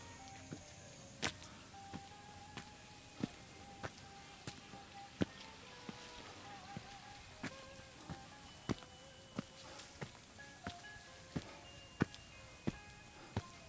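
Footsteps walking on a summer mountain path, crisp sharp steps landing at an even pace about every two-thirds of a second. A steady soft hiss runs underneath, with a thin high insect-like whine and faint drifting tones in the background.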